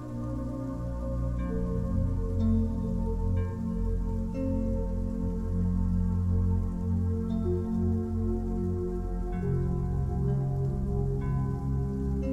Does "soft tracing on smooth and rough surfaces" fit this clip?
no